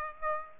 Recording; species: mosquito wingbeat signal from an infrared sensor; Aedes aegypti